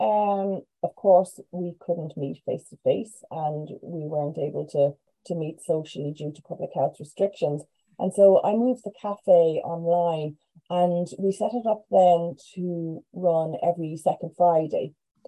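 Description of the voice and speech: One adult woman speaks fluently in a small room, with a natural mid-range pitch, clear consonants and ordinary phrasing. Short pauses fall between phrases. No voice or speech disorder is heard.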